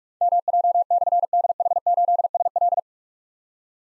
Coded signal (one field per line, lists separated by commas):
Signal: Morse code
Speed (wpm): 44 wpm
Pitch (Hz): 700 Hz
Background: none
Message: MJ/DH8SL